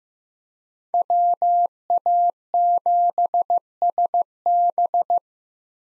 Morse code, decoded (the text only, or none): WA7SB